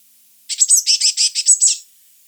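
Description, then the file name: Eurasian blue tit churring call: a single scratchy rattle of about eight fast, buzzy high notes lasting just over a second. "Cyanistes caeruleus"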